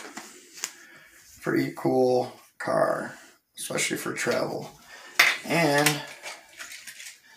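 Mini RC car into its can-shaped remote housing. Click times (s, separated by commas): 0.6 s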